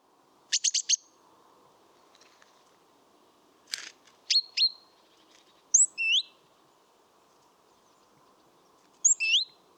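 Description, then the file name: Great tit calls: scattered high, sharp chirps and clicks, with paired slurred whistled notes repeated a few seconds apart between quiet spells. "Parus major"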